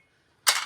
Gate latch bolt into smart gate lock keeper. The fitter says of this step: സാധനം അവിടെ പോയിട്ട് ലോക്ക് ആകും.